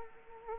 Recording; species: mosquito wingbeat signal from an infrared sensor; Anopheles arabiensis